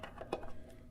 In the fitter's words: You always want to make sure that front end locks in up there.